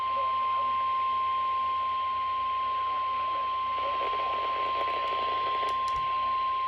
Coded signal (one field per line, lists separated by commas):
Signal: Emergency Alert System (SAME) tones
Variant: 1050 Hz attention tone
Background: speech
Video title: WITH NEW SEASONS COMES NEW RISKS - EAS Alerts from 11/27 - 11/30/22 (EAS #724 - 740)